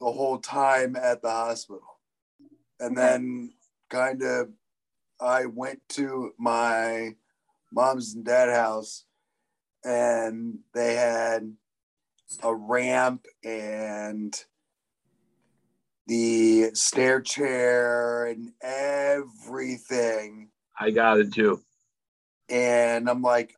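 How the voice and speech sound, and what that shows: Slow adult male speech with frequent long pauses and stretched sounds, fitting word-finding difficulty in aphasia after brain injury, a year or more after onset, following 11 months in hospital, when he said only about 40 words at 8 months, with words returning after his skull was replaced.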